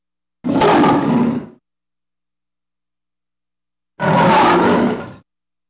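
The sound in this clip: Lion roars twice, each a harsh, rumbling burst lasting just over a second, separated by about two and a half seconds of quiet.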